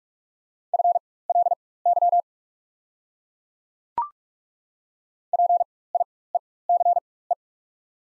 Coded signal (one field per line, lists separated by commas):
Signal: Morse code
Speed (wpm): 42 wpm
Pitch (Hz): 700 Hz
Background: none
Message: FLY PIECE